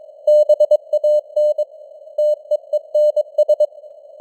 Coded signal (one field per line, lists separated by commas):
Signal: Morse code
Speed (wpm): 22 wpm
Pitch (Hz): 600 Hz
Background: none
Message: BAN TEENS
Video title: Morse Code News | 2025-10-23 | 22wpm